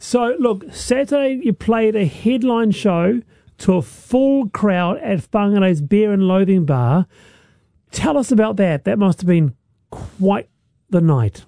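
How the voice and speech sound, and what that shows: One adult asks a fluent, conversational question in a lively, clear voice, with a few short pauses between phrases; ordinary typical speech.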